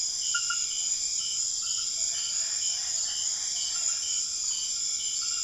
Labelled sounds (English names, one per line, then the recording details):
none
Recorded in secondary vegetation near Puerto Asís, Putumayo, Colombia, on 25 June 2025 at 20:30
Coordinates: 0.500, -76.326
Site GP08